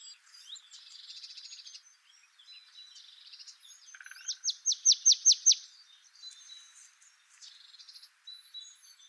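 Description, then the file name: Marsh tit calling: a quick run of about seven sharp, high, downslurred notes, with softer high chatter and twittering before and after. "Poecile palustris"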